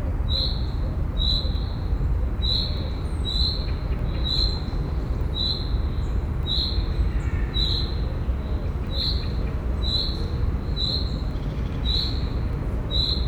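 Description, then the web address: Field cricket giving a steady series of high, pulsed chirps roughly every second, about thirteen in all, with constant low traffic rumble underneath. At a zoo in Szeged, Hungary, in 2011, in the evening, with distant traffic noise. "allathangok szegedizoo 2011 mezeitucsok tucsok estavoliforgalomzaj"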